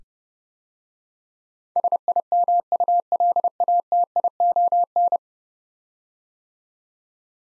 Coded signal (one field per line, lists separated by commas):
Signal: Morse code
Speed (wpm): 30 wpm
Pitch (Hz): 700 Hz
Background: none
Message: SIMULATION